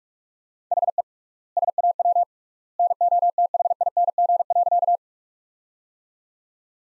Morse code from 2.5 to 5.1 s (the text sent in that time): NOTHING.